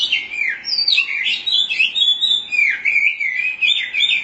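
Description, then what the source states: Oriental magpie-robin pouring out a continuous, varied, scratchy warbling song with sliding whistles. Chirping song (kicauan) of the bird.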